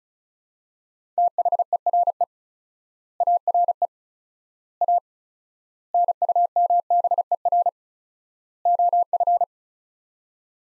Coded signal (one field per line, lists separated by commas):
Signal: Morse code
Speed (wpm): 36 wpm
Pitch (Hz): 700 Hz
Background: none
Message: THERE ARE A NUMBER OF